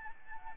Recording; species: mosquito wingbeat signal from an infrared sensor; Aedes albopictus